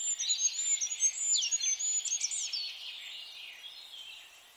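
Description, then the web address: Quick high twittering bird song with sliding chirps in the first half, fading into softer, scattered background twitter. "birddata Deverinetal 2025"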